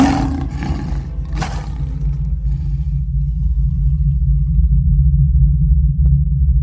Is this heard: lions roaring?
yes